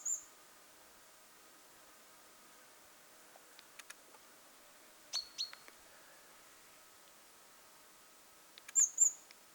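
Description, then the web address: Great tit calls: thin, high-pitched notes at the start, in the middle and near the end, with scattered faint clicks between them. Young bird calling, recorded 21 July 2026. "paivat 21 7 2026 kuvien nuori talitiainen aantelee"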